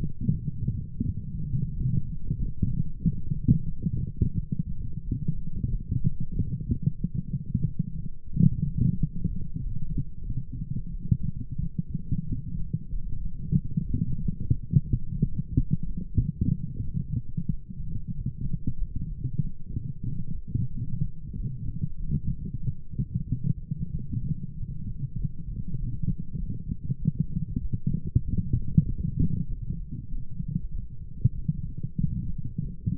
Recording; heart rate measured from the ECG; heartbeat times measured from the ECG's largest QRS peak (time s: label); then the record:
heart sounds by stethoscope; 93 bpm
0.29 s: heartbeat
1.01 s: heartbeat
1.71 s: heartbeat
2.36 s: heartbeat
3.00 s: heartbeat
3.65 s: heartbeat
4.33 s: heartbeat
5.01 s: heartbeat
5.66 s: heartbeat
6.30 s: heartbeat
6.95 s: heartbeat
7.61 s: heartbeat
8.30 s: heartbeat
8.95 s: heartbeat
9.58 s: heartbeat
10.22 s: heartbeat
10.88 s: heartbeat
11.56 s: heartbeat
12.24 s: heartbeat
12.88 s: heartbeat
13.52 s: heartbeat
14.19 s: heartbeat
14.88 s: heartbeat
15.52 s: heartbeat
16.16 s: heartbeat
16.81 s: heartbeat
17.47 s: heartbeat
18.12 s: heartbeat
18.74 s: heartbeat
19.37 s: heartbeat
20.02 s: heartbeat
20.67 s: heartbeat
21.32 s: heartbeat
21.95 s: heartbeat
22.59 s: heartbeat
23.24 s: heartbeat
23.90 s: heartbeat
24.53 s: heartbeat
25.15 s: heartbeat
25.75 s: heartbeat
26.35 s: heartbeat
26.96 s: heartbeat
27.58 s: heartbeat
28.22 s: heartbeat
28.84 s: heartbeat
29.45 s: heartbeat
30.07 s: heartbeat
30.68 s: heartbeat
31.32 s: heartbeat
31.96 s: heartbeat
32.59 s: heartbeat
From the record:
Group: healthy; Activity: light exercise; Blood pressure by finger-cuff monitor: 109/67 mmHg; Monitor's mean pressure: 84 mmHg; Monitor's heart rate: 93 bpm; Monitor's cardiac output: 7.6 L/min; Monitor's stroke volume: 82 mL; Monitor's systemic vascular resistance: 810 dyn s/cm5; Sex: female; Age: 26 years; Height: 165 cm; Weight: 55 kg